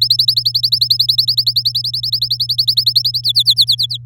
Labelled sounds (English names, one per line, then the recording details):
Domestic Canary song
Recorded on 9 May 2018 at 05:33
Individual llb16